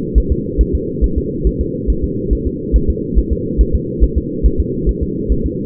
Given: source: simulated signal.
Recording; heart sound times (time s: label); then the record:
fetal heart sounds
0.18 s: S1
0.32 s: S2
0.61 s: S1
0.75 s: S2
1.04 s: S1
1.18 s: S2
1.47 s: S1
1.61 s: S2
1.90 s: S1
2.04 s: S2
2.33 s: S1
2.47 s: S2
2.76 s: S1
2.90 s: S2
3.19 s: S1
3.33 s: S2
3.61 s: S1
3.75 s: S2
4.04 s: S1
4.18 s: S2
4.46 s: S1
4.60 s: S2
4.89 s: S1
5.03 s: S2
5.32 s: S1
5.46 s: S2
From the record:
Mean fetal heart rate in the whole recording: 140 bpm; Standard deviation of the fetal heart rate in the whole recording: 2 bpm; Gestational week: 34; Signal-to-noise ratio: -6.6 dB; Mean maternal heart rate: 72 bpm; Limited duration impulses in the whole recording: present